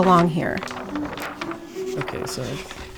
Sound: pages turning